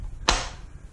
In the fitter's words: like I said there's the audible click and then it just feels like it just sucked in there